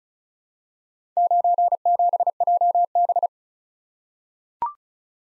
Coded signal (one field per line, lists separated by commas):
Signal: Morse code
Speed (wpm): 36 wpm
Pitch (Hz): 700 Hz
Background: none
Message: 97JB